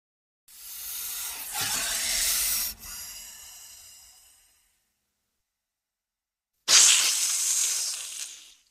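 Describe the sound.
Snake hissing: a long breathy hiss lasting about four seconds that fades out, then silence, then a second sharp, forceful hiss starting near the end.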